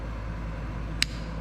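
The ears of a plastic spring push-pin holding the heatsink to a Bitaxe miner board are squeezed together and pushed slightly, giving a single sharp click at 1.0 s over a steady low hum. The click marks the pins passing the locking point, releasing the heatsink.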